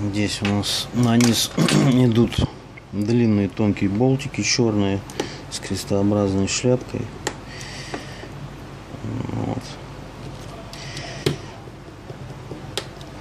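While reassembling an HTC One S after fitting long, thin black cross-head screws, a plastic internal frame part is pressed onto the phone's plastic and metal chassis. Someone talks for the first several seconds, then a series of sharp small ticks follows near 9.3, 10.7, 11.3, 12.8 and 13.2 seconds. The part has not seated or clicked into place yet when the clip ends.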